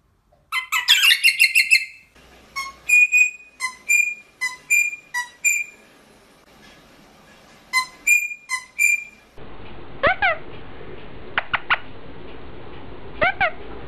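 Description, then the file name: Rosella piping short, bright whistled notes in quick series, each note briefly sliding, with a harsh burst at the start and a few sharp chirps near the end. "Canto da Rosela"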